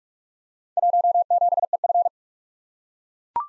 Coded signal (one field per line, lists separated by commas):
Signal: Morse code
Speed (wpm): 44 wpm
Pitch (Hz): 700 Hz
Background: none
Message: 17EF